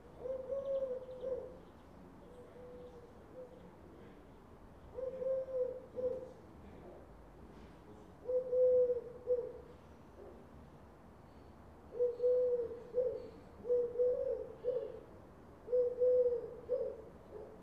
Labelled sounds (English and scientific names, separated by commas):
Eurasian Collared Dove (Streptopelia decaocto)